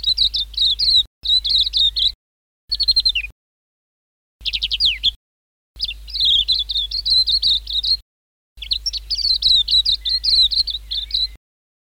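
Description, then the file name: White-eye giving short, high twittering phrases, some falling trills, in irregular bursts separated by short pauses. Chirping song. "suara kicauan burung kacamata perak. omkicau"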